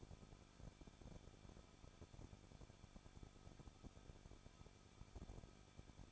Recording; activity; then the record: daily activity, microphone in the room; no activity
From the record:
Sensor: 5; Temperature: 20.8 degrees Celsius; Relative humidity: 38.3%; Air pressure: 1006.4 hPa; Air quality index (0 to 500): 190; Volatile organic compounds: 19 ppm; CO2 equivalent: 2672 ppm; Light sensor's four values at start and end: 2/3/1/1 and 2/3/1/1